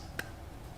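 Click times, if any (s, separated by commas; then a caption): 0.2 s. A red KTM two-stroke power valve spring and cup assembly is pushed firmly down by hand into the motorcycle's power valve housing. A single short, sharp click sounds at 0.2 s over a low steady background. The assembly is seated all the way down.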